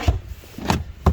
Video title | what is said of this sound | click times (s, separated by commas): 2023 Subaru Outback Premier XT 2.4L Turbo 23OB8946 | And this is supposed to go like this. Just clicks in there. | 0.7 s, 1.1 s